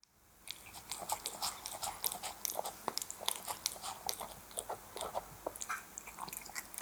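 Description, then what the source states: Cat eating, a steady run of wet smacking and crunchy chewing clicks throughout, with no vocal sounds. Eating wet food.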